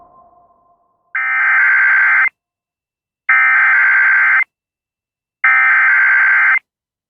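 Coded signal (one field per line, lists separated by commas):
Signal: Emergency Alert System (SAME) tones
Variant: header bursts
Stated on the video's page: Real EAS and NOAA Weather Radio alerts for a Gulf Coast blizzard: Blizzard, Winter Storm and Extreme Cold Warnings, Winter Storm Watch.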